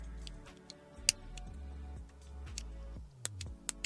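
A new plastic E82 1M start/stop button is fitted into the grooves of its dashboard bezel in a BMW 135i and pressed until it snaps into place with a sharp click at 1.1 s. It is then pressed a few more times to test it, giving short clicks at 3.2, 3.7 and 3.9 s over a low steady hum, and it stays seated.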